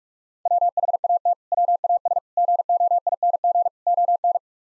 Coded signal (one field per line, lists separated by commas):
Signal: Morse code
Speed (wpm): 49 wpm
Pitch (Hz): 700 Hz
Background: none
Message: WHAT WAS GOING ON